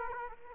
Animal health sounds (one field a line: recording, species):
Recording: mosquito wingbeat signal from an infrared sensor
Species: Aedes aegypti